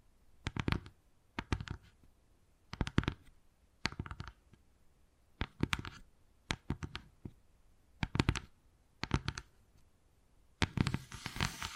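Wood carving sounds: short bursts of tapping and scraping arrive about once a second, each a cluster of sharp clicks lasting under half a second. Quiet gaps separate them, and a longer, brighter scratching stroke closes the clip.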